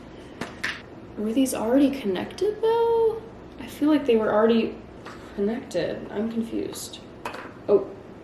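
Someone talks while handling the plastic lid and spring-loaded pressing plate of a TOFUDEE tofu press, trying to connect them. Two brief, sharp handling taps sound near the start (about 0.4 s and 0.6 s), followed by speech. Nothing has seated or clicked yet when the clip ends.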